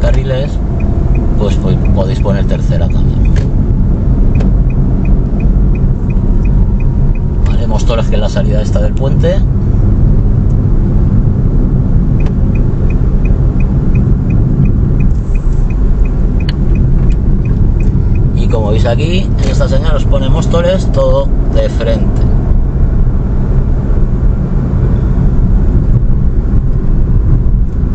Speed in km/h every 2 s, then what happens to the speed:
37, 36, 39, 39, 42, 43, 43, 41, 40, 42, 46, 46, 46, 42.
0-10 speeds up to 43. 10-16 steady at about 41. 16-20 speeds up to 46.